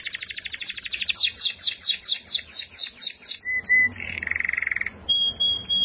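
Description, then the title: Canary singing fast trills and a run of repeated downslurred whistles, followed by a low buzzy roll and a thin high whistle. "Kenari"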